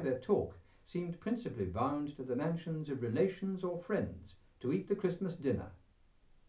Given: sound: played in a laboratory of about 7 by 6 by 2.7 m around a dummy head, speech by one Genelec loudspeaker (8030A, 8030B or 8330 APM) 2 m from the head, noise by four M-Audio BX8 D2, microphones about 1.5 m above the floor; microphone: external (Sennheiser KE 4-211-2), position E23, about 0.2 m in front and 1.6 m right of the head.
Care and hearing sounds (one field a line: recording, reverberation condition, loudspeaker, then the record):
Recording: male speech in English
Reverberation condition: low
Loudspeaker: 150 degrees to the right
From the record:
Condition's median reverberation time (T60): about 310 ms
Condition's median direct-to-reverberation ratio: about 3.5 dB